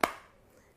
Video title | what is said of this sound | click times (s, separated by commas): Best Kitchen Appliances You Can Get On Amazon | you can actually attach your chef's whisk just like so pop it into place | 0.0 s